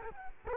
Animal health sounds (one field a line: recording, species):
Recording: mosquito wingbeat signal from an infrared sensor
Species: Culex quinquefasciatus